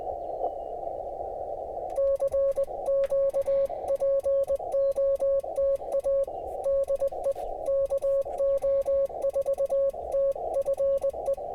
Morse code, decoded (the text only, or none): CQ POTA DE KO4TFE